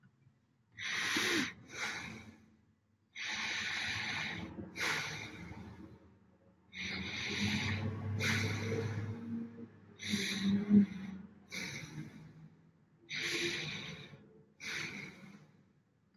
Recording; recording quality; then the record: deep breathing; excellent, no background noise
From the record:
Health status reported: healthy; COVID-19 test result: not tested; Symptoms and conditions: none ticked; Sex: male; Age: 33 years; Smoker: not ticked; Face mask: not worn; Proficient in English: yes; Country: United States